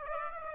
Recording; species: mosquito wingbeat signal from an infrared sensor; Aedes aegypti